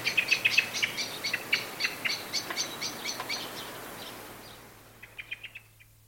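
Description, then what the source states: Blackbird alarm: a rapid series of sharp chinking notes that gradually fade away, followed after a pause by a short, quieter burst of clicks. Anxious calling.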